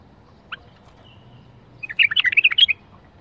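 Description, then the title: Bulbul song: a lone chirp, a pause, then a fluent burst of loud, tumbling whistled notes. Praised as the most beautiful bulbul song, sung without mistakes; the song style is called 'tor'. "اجمل تغريد بلبل بدون اخطاء بلبل طور"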